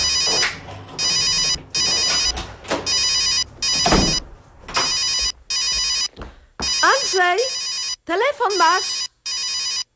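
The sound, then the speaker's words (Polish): A loud electronic phone ringtone sounds in repeated bright, buzzy bursts with short gaps, then shifts into a quick warbling melodic phrase that rises and falls in pitch. “O, Pola znowu. No, momencik. Halo?”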